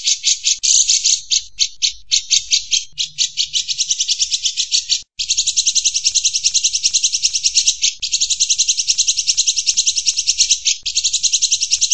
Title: Suara Kolibri Ninja MERDU, JELAS DAN LANTANG